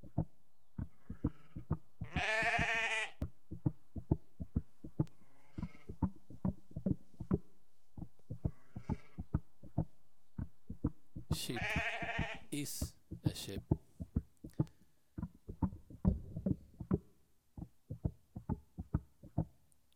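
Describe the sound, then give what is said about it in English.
Two loud, wavering sheep bleats ring out several seconds apart, each lasting about a second, over a steady, rapid thumping beat that continues throughout. “Sheep's just got a sheep in their pocket.”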